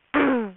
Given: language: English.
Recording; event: throat vibration sensor signal played as sound; throat clearing